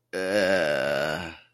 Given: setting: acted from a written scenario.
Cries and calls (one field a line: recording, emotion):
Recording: vocal sound without words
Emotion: confusion